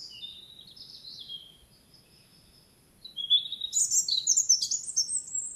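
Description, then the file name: European robin song: thin, high whistled phrases, a short quiet gap, then a louder burst of tumbling, sparkling notes and trills. "Erithacus rubecula"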